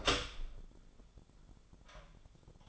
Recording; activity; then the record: daily activity, microphone in the room; open door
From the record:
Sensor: 5